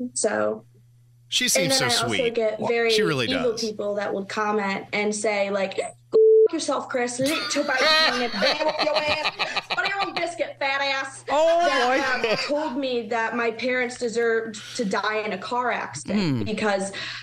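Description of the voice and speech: A young adult woman's fluent conversational speech is broken by abrupt, out-of-context phrases, including a name, baby talk and an insult, plus a bleeped word. These intrusions are vocal tics with coprolalia, involuntary utterances typical of a severe manifestation of Tourette syndrome.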